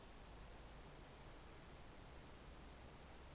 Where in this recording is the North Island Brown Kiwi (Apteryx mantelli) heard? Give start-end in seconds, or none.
none